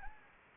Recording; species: mosquito wingbeat signal from an infrared sensor; Anopheles gambiae